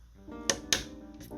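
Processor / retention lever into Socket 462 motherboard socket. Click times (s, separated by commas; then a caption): 0.5 s, 0.7 s. A processor is lined up and pressed down into a Socket 462 motherboard socket, and it or its retention lever snaps into place. Two sharp clicks sound at 0.5 s and 0.7 s over steady, music-like tones, and the chip is seated.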